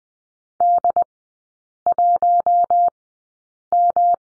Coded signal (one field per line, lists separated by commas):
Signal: Morse code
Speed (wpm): 20 wpm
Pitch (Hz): 700 Hz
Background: none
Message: D1M